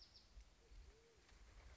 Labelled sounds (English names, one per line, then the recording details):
Band-tailed Pigeon
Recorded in Sonoma County, California